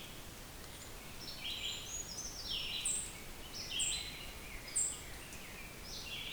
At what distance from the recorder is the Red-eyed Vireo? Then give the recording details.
about 45 m. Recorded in boreal forest in Alberta, Canada, on 5 June 2016 at 06:30. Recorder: SongMeter 3, array SBT-3-51. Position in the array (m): 283 m, 135 m